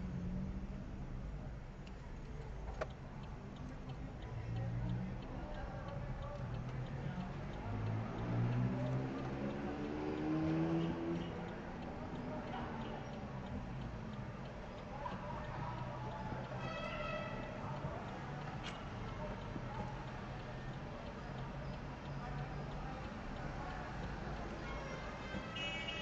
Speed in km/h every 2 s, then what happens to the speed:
7, 5, 7, 5, 0, 0, 0, 0, 0, 0, 1, 5, 5.
4-8 slows to 0. 8-21 standing.